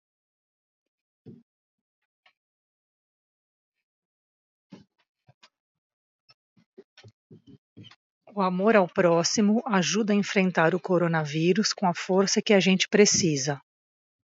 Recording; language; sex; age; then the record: spoken sentence; Brazilian Portuguese; female; 40 to 49 years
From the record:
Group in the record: control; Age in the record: 47 years